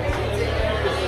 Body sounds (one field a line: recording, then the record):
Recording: background sound without coughing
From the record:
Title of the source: CITY SOUNDS Busy Bar in the Evening Night - 2 HOURS of Ambiance for Relaxation